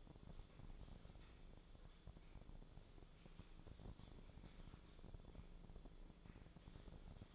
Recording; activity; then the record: daily activity, microphone in the room; typing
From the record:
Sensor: 5